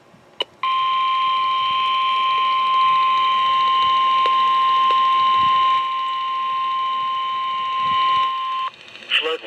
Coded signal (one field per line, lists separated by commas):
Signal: Emergency Alert System (SAME) tones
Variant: 1050 Hz attention tone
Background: speech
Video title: Moderate Flash Flood Risk.. Four Days of EAS Alerts from July 8th-11th, 2023 (EAS #348-381)